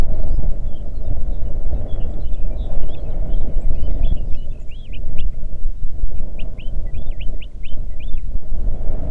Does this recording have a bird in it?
yes